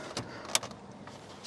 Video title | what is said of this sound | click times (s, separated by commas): Don’t Mount Solar Panels Until You See This! | just a matter of popping these in together. Hear a nice satisfying click. Same again. | 0.5 s